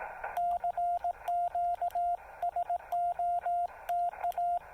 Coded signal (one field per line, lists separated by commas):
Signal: Morse code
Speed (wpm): 18 wpm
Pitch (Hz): 690 Hz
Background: radio noise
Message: CQ SOTA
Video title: SOTA activation of Mount Jefferson with the Yaesu FT-817, CHA MPAS Lite and 2.5 watts